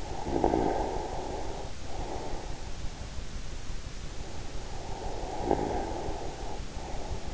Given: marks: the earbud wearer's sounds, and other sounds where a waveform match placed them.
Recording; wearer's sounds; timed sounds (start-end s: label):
sounds in sleep by an in-ear microphone; snoring breath
0.05-2.47 s: snoring breath
4.80-7.34 s: snoring breath